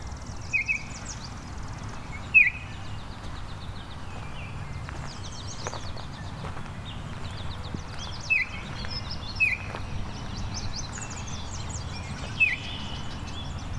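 Baltimore Oriole song: a few short whistled notes at irregular intervals, with faint high chirps and constant low noise.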